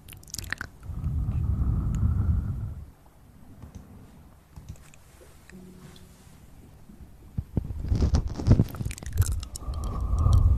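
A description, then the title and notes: Mouth sounds recorded close up, with chewing-like smacks and low, muffled rumbling. A thick burst of low noise fills the first three seconds, then a quieter stretch with faint wet clicks, before dense crackly smacks and snaps return from about eight seconds on. Sounds close to the mouth!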